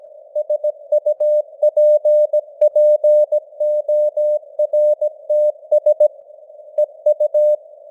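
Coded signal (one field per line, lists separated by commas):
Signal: Morse code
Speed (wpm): 17 wpm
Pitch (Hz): 600 Hz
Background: none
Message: SUPPORTS EU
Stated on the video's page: Simulated news headlines in Morse at 17 wpm with simulated radio noise and varying signal strength (QSB).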